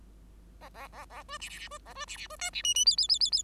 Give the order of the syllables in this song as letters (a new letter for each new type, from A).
A A A A B C C C B A B C C B D C E E F F F F F